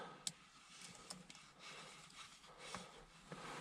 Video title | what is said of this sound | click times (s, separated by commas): Removal and refitting of Audi TTS sterring wheel including DSG paddles | that clip back in till you hear it lock in. So now she's in place. | 0.3 s